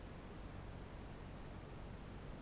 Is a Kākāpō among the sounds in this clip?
no